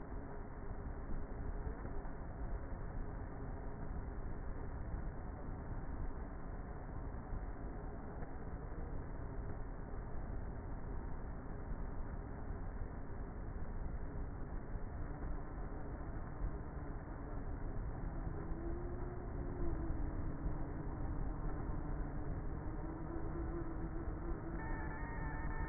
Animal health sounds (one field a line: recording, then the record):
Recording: honeybee colony, microphone inside the hive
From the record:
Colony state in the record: queenless with a low population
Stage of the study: before two queens were removed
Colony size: about 30,000 bees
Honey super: no